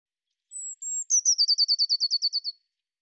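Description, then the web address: Eurasian blue tit call: two thin, very high drawn-out notes followed by a quick, even trill of many slightly lower chattering notes, lasting two seconds. "Deverinetal"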